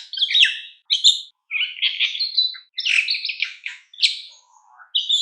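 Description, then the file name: Common myna giving a varied stream of squeaky, harsh and gurgling notes, with one lower croaking note near the end. "martin triste"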